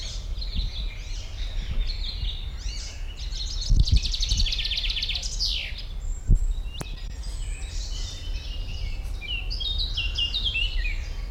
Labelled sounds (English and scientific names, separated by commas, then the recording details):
Icterine Warbler (Hippolais icterina)
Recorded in the wild
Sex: male
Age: adult
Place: Botanische Anlage Blankenfelde, Berlin, DE
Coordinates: 52.603, 13.4
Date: 1993-05-30
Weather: heiter, 18-21°C
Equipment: Marantz CP 430, Sennheiser ME 80, Kopie Uher Variocord 263
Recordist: Tembrock, Günter